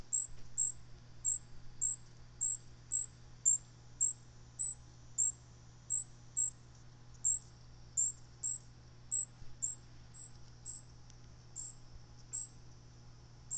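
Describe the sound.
Bird giving very high, short chip notes repeated roughly every half second to second, over a steady low electrical hum.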